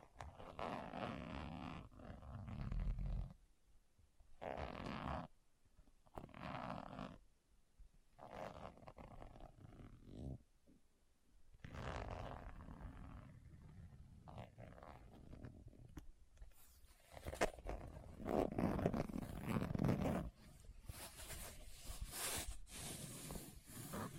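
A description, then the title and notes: Someone goes through a bag, with bursts of rough, rumbling handling noise broken by short silences in the first half. From about seventeen seconds the sound turns brighter and scratchier, with near-continuous rustling and rasping, zipper-like strokes until the end. ASMR What's In My Bag (No Talking).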